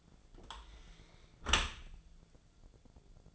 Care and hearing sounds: daily activity, microphone in the room; close dishwasher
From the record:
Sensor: 5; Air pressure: 1000.6 hPa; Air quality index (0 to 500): 153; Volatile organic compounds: 2 ppm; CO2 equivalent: 1172 ppm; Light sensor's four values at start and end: 43/97/42/45 and 42/97/41/45

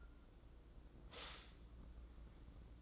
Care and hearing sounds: daily activity, microphone in the room; stop toaster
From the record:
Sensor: 3

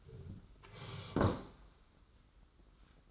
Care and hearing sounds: daily activity, microphone in the room; sit down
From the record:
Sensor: 3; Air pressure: 991.6 hPa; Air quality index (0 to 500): 174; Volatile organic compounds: 1000 ppm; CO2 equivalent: 5770 ppm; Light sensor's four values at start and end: 36/101/41/35 and 36/102/42/36

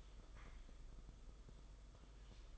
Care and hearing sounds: daily activity, microphone in the room; typing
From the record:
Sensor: 5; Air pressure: 991.1 hPa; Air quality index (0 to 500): 131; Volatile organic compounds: 70 ppm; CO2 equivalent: 3520 ppm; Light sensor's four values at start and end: 38/120/46/49 and 38/120/46/49

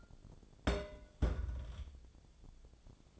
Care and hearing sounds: daily activity, microphone in the room; place on stove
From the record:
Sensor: 5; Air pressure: 1000.1 hPa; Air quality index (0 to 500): 94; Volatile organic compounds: 1 ppm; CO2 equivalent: 765 ppm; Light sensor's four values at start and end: 277/647/282/316 and 280/654/285/319

